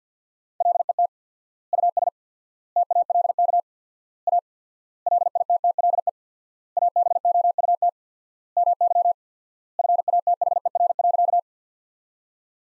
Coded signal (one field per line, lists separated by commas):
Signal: Morse code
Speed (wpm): 48 wpm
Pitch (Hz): 700 Hz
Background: none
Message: LET US TALK A LITTLE ABOUT MY FATHER.